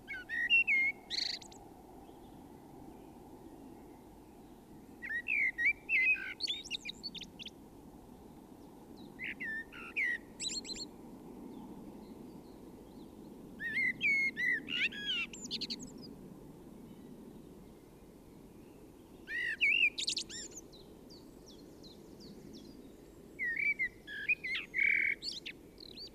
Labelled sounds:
Common Blackbird song
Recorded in the wild
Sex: male
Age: adult
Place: Kaiserslautern, Rheinland-Pfalz, DE
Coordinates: 49.3939, 7.30611
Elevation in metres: 313
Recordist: Tretzel, Erwin

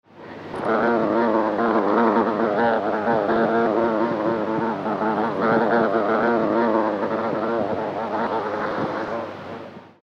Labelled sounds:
Hornet
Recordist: Tembrock, Günter
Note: Hornisse im Flug

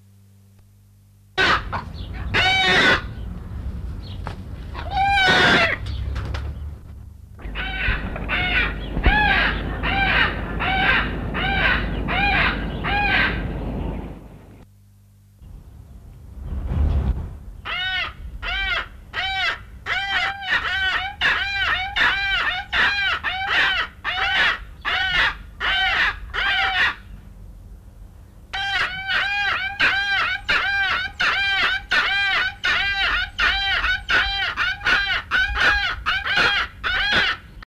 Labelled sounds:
Striated Caracara call
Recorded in captivity
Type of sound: call
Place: Tierpark Berlin, Berlin, DE
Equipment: Halbspur, 9,5 cm/s
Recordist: Lütgens, Hans
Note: Rufe

